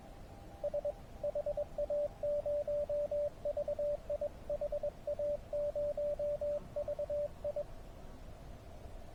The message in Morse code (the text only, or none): S HA0VI HA0VI